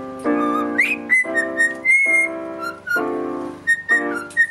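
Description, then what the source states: Clear cockatiel whistles, one rising swoop then steady tones, interleaved with loud sustained piano chords. Parrot singing along with a pianist playing the piano.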